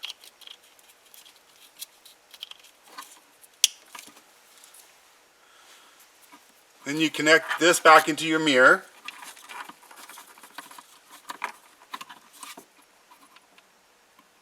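A wiring connector for a Mangoal dash camera is handled near the rear-view mirror socket of a 2021 Ford F-150 before being plugged back in. There are faint handling noises, a few sharp ticks including a loud one around 3.6 s, and someone talks in the middle. Nothing has seated or clicked yet.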